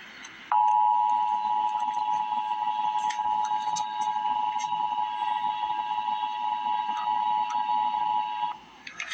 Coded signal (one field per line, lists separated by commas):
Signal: Emergency Alert System (SAME) tones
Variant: 853 and 960 Hz attention tone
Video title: Emergency Alert System - Wind Advisory - Feb 27, 2025 at 2:26 PM EST